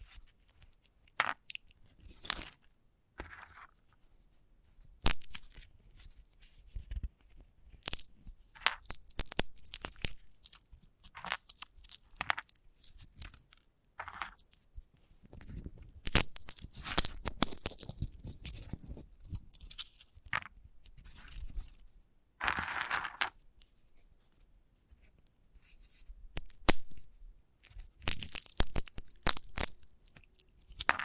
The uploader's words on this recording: ASMR of a Sunflower Head (No Talking).